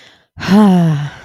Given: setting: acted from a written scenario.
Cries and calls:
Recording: vocal sound without words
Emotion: contentment

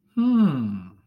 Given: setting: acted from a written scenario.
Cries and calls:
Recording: vocal sound without words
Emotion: desire

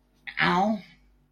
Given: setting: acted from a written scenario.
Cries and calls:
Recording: vocal sound without words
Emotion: pain

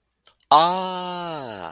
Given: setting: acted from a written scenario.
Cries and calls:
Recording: vocal sound without words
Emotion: realization

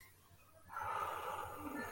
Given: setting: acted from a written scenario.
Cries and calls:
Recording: vocal sound without words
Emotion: serenity

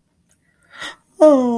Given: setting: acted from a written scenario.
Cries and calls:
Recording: vocal sound without words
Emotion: sadness

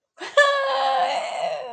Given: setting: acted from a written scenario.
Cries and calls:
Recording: vocal sound without words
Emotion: ecstasy

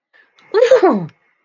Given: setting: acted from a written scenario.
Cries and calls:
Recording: vocal sound without words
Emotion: ecstasy

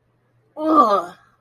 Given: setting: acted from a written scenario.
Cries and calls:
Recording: vocal sound without words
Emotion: disgust

